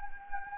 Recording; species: mosquito wingbeat signal from an infrared sensor; Anopheles gambiae